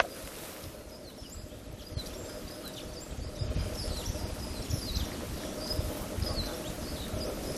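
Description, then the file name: Black-capped chickadee calls, a scatter of faint short high notes over several seconds, above a steady low rumbling background noise. Recorded in Connecticut. "Poecile atricapillus CT"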